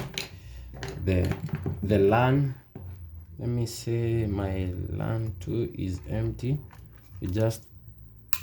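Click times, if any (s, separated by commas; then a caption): 8.3 s. A crimped Cat 6 cable's RJ45 plug is pushed into an empty LAN port on a router while someone talks. A sharp tick at 8.3 s marks the plug clicking into place, seated in the port.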